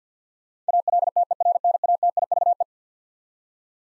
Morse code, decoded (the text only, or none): ALTERNATIVE